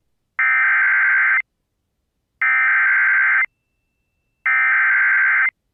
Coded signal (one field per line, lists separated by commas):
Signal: Emergency Alert System (SAME) tones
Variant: header bursts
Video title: (EAS #37) | Severe Thunderstorm Warning for Iowa in WJON-IP | 04/19/2023